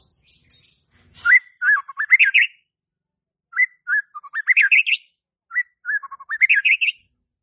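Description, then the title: White-rumped shama song: three fast, nearly identical whistled phrases, each sweeping upward through bright notes, in quick succession. Lure song used to provoke stressed White-rumped shamas that have stopped singing into song. "PANCINGAN Murai Batu STRES & MACET"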